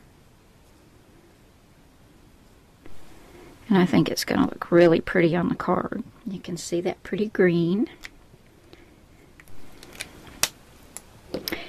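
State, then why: Seated. Someone talks, then a plastic cap is pushed back onto an alcohol coloring marker, with a few small taps before a sharp click at 10.4 s as the cap snaps shut. The cap is seated, pushed on until it clicks so the marker doesn't dry out.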